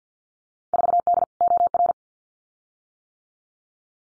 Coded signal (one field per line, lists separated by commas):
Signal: Morse code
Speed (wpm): 50 wpm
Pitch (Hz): 700 Hz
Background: none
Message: 4D OR